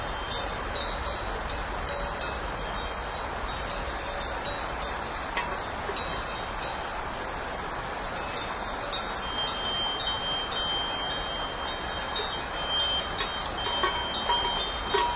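Cowbells clink and jangle continuously as cows are driven along a mountain road, bright metallic strikes overlapping in a dense, irregular stream. A steady low rumble and hiss runs underneath throughout, and the bell clatter grows slightly busier toward the end.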